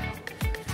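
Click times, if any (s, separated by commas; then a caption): 0.3 s, 0.5 s. A small plastic-capped camera strap anchor on a cord is pressed into the strap's plastic quick-connector and snaps locked, with short, sharp clicks at 0.3 s and 0.6 s. Background music plays throughout, and the anchor ends up seated and locked in the connector.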